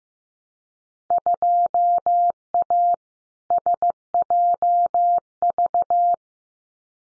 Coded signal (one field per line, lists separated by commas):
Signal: Morse code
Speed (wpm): 15 wpm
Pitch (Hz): 700 Hz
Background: none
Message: 2A SJV